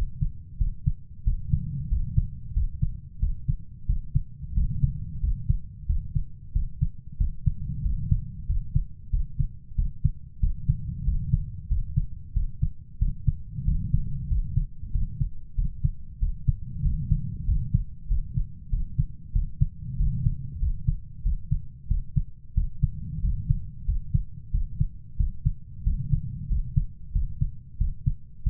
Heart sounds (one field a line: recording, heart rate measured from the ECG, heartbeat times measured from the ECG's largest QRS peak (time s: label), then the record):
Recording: heart sounds by stethoscope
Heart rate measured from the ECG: 93 bpm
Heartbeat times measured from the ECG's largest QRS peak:
0.60 s: heartbeat
1.26 s: heartbeat
1.91 s: heartbeat
2.56 s: heartbeat
3.22 s: heartbeat
3.89 s: heartbeat
4.57 s: heartbeat
5.23 s: heartbeat
5.89 s: heartbeat
6.55 s: heartbeat
7.20 s: heartbeat
7.85 s: heartbeat
8.49 s: heartbeat
9.13 s: heartbeat
9.78 s: heartbeat
10.42 s: heartbeat
11.07 s: heartbeat
11.70 s: heartbeat
12.36 s: heartbeat
13.01 s: heartbeat
13.67 s: heartbeat
14.30 s: heartbeat
14.94 s: heartbeat
15.58 s: heartbeat
16.22 s: heartbeat
16.85 s: heartbeat
17.48 s: heartbeat
18.10 s: heartbeat
18.72 s: heartbeat
19.35 s: heartbeat
20.00 s: heartbeat
20.62 s: heartbeat
21.25 s: heartbeat
21.90 s: heartbeat
22.57 s: heartbeat
23.24 s: heartbeat
23.88 s: heartbeat
24.54 s: heartbeat
25.19 s: heartbeat
25.86 s: heartbeat
26.50 s: heartbeat
27.15 s: heartbeat
27.80 s: heartbeat
28.46 s: heartbeat
From the record:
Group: healthy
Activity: rest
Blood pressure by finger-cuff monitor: 144/72 mmHg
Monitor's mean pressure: 91 mmHg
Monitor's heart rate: 93 bpm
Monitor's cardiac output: 8.3 L/min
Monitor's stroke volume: 90 mL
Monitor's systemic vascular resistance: 810 dyn s/cm5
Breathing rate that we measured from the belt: 20 breaths a minute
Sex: male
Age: 21 years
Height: 175 cm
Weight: 72.6 kg